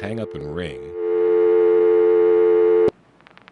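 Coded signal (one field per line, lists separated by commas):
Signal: telephone call progress tone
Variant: North America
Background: speech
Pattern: dial tone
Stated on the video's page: Call progress tone heard exploring life insurance tie-lines in 1976.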